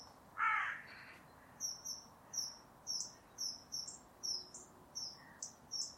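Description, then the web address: Bird calls: one harsh rasping note early on, then a steady series of short, high squeaky chirps. "cianscape. Deverinetal 2025. Bird Only"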